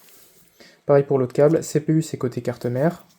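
A second CPU power cable is being handled before it goes into the power supply's modular socket, while someone talks over faint low background noise. A brief soft sound comes at 0.6 s, but the cable has not seated or clipped in yet.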